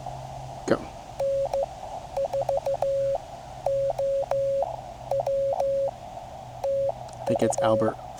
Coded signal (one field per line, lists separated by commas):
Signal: Morse code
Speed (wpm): 16 wpm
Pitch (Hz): 550 Hz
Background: speech, radio noise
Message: E N4OW TU